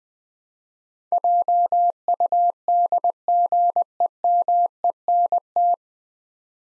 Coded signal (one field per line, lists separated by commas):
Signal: Morse code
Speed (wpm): 21 wpm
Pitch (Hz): 700 Hz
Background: none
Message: JUDGEMENT